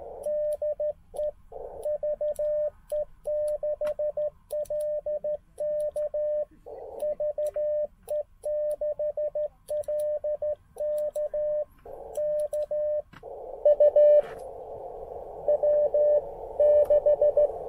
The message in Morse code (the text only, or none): DE VE6LK VE6LK K UW6